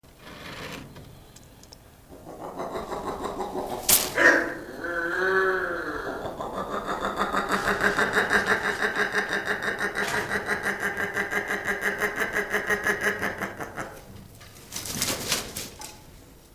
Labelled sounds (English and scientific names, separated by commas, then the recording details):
Palm-nut Vulture (Gypohierax angolensis) call
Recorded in captivity
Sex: female
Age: adult
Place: Zoo Berlin, Berlin, DE
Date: 2001-03-20 14:15
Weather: heiter - wolkig, 0 - 2°C
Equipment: Nagra SN, Kopie Uher 4000 Report Monitor
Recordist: Tembrock, Günter
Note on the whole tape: Weibchen: zwei Lautformen (durch Pfleger im Haus ausgelöst)